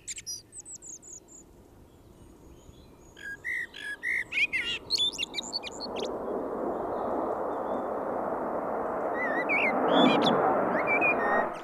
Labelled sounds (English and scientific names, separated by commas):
Common Blackbird (Turdus merula) song